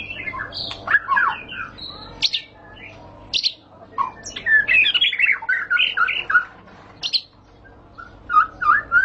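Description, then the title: White-rumped shama song: rich mix of rising whistles, harsh squawks and chattering notes delivered in rapid varied phrases with brief gaps. Lure recording (pancingan) of a high-class bird, much sought as a master tutor song for training caged birds. "Pancingan Murai Batu Berkelas Banyak Di Cari Buat Masteran"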